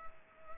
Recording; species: mosquito wingbeat signal from an infrared sensor; Culex pipiens